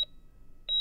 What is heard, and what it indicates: The heart rate monitor, regular sort of staccato beeping.